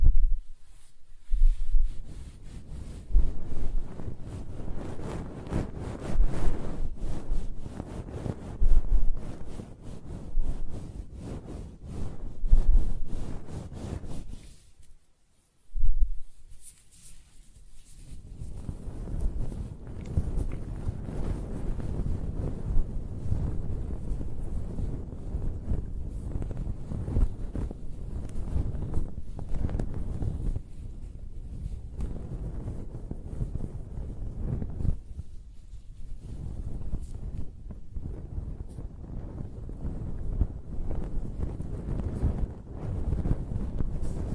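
Hair is scratched, brushed and stroked close-up, making a dense, rough rustling with a heavy low rumble and quick scratchy strokes throughout. The sound drops to near silence around 15 seconds, then resumes as steadier, continuous rubbing with a brief lull near 35 seconds.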